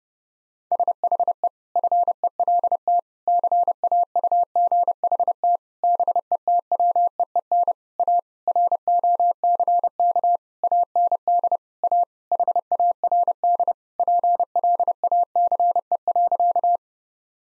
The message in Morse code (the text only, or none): SHE FELT CAUGHT BETWEEN A ROCK AND A HARD PLACE.